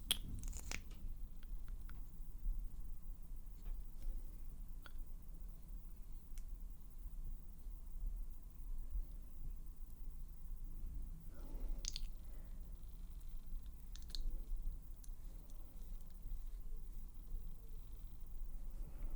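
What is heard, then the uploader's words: Quiet handling sounds: soft clicks, light taps and rustles scattered over a low steady hum, with a brief louder flurry near twelve seconds. ASMR Lip Stick Try-On & Assorted Sounds.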